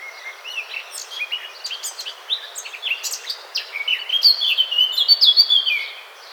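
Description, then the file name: Eurasian blackcap song: quiet, scratchy warbling that quickens and brightens into a loud run of clear, fluting whistled notes near the end. "Sylvia atricapilla"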